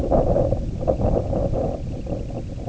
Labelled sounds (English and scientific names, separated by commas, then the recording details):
Semipalmated Sandpiper (Calidris pusilla)
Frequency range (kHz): Semipalmated Sandpiper (Calidris pusilla) 2.0-3.4 kHz
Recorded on Arctic tundra, site IGLO-A, on 20 June 2018
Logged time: 07:59